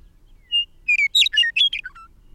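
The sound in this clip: Songbird phrase: a single steady whistle opens, then quick varied chirps, ending with two softer, lower notes.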